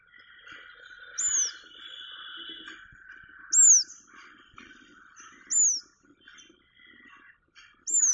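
Purple-rumped sunbird calls: single high, thin downslurred notes about every two seconds, over soft, lower chattering.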